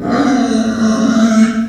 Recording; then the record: squeal of a Yucatan mini pig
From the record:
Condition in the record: after surgery on the right vocal fold (resection and tissue-engineered implant); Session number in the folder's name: 7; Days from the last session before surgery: 47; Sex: female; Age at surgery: 19 weeks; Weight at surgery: 25 kg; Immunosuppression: prednisolone